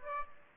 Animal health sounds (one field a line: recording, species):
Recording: mosquito wingbeat signal from an infrared sensor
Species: Aedes aegypti